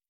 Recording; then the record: hydrophone in a shrimp aquaculture tank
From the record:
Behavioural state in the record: stressed